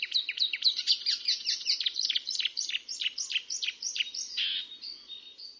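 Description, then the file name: Marsh warbler song, a fast, continuous chatter of varied buzzy and sharp notes with scarcely a pause throughout. "rakosnik zpevny"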